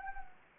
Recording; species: mosquito wingbeat signal from an infrared sensor; Anopheles gambiae